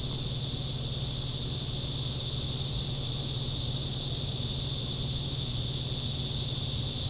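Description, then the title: Cicadas in a dense chorus, a continuous shrill hiss that holds level without pause, with a faint low hum beneath. Summer cicadas. "neoscenes: summer cicadas"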